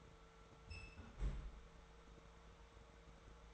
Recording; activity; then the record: daily activity, microphone in the room; close fridge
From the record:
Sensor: 3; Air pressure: 1014.8 hPa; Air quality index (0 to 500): 197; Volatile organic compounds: 26 ppm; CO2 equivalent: 2872 ppm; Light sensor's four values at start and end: 33/83/35/38 and 17/43/18/19